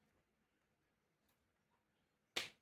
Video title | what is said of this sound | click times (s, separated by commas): Repaired derailleur reinstall and setup on my 2026 Polygon Siskiu T8 | can just hear that click, so that means it's now back in place and secure. | 2.4 s